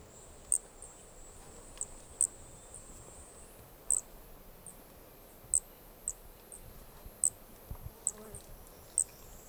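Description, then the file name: Brachycephalus toadlet: high, clipped chirps of a Brachycephalus toadlet, repeated roughly every one to two seconds, against a faint high insect-like whine and low background hiss. Two individuals (4 and 5) of an unidentified Brachycephalus species recorded at Corcovado; the first two notes of the call sequence were lost. "Brachycephalus sp ind 4 ind 5 Corcovado two starting notes lost"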